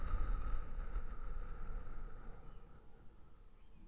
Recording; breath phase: one breath near a microphone; exhalation